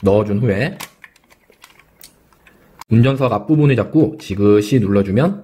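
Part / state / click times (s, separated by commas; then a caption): plastic cockpit piece into the toy car body / not seated / none. A plastic driver's-seat cockpit piece is fitted and lined up on a Tobot V Lightning toy car body before being pressed home. Someone talks at the start and end, and between them, from about 1.0 to 2.8 s, there are faint small plastic ticks and taps. Nothing has clicked or seated yet.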